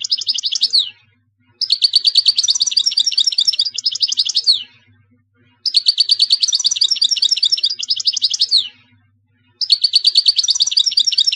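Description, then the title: European goldfinch singing bright, rapid twittering strophes of liquid trills and buzzy notes, several near-identical phrases separated by short silences. "Chant Chardonneret"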